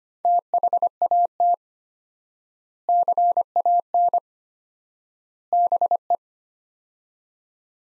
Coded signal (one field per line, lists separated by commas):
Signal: Morse code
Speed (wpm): 25 wpm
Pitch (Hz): 700 Hz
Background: none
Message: THAT CAN BE